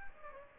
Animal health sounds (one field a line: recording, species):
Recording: mosquito wingbeat signal from an infrared sensor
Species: Aedes aegypti